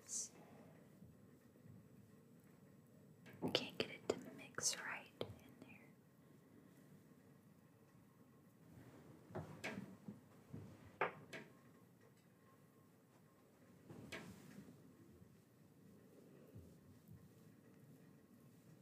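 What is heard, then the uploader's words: Handling sounds while making a face mask: clustered clatters and scrapes around 3–5 seconds, then sparser clicks and rustles over a low hum. Making and Applying a Face Mask ASMR.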